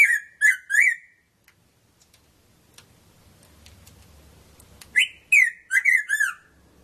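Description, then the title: Red-throated parrotfinch calls in two bursts of three or four falling, harmonic notes about four seconds apart, faint clicks in between. "Erythrura Psittacea"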